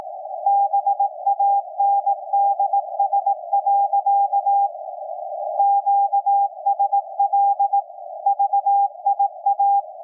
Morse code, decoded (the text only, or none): BANDS. QSL VIA